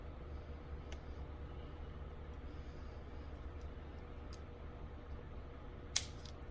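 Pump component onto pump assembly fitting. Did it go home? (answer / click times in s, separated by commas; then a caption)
yes / 6.0 s. A pump component of a Taylor 8756 coaxial pump system for a soft-serve machine is worked onto its pump assembly fitting over several tries, with faint small ticks over a steady low hum. At 6.0 s it snaps on with a sharp, bright click, and a tug confirms it is seated and holds.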